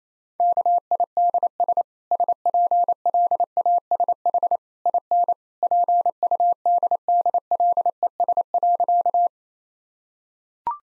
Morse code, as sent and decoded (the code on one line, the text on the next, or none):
-.- .. -.. ... / ... .--. .-.. .- ... .... / .. -. / .--. ..- -.. -.. .-.. . ... .-.-.-
KIDS SPLASH IN PUDDLES.